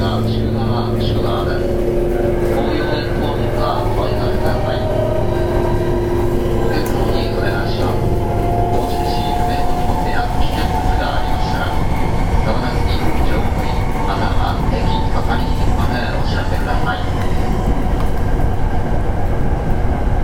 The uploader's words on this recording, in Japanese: 阪急電鉄7000系電車の走行音です。神戸線の普通列車にて収録しました。区間は、西宮北口から、神戸三宮までです。この収録した車両は、リニューアルされたもの。